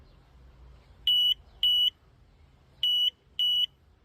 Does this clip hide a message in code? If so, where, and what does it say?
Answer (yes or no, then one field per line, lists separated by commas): no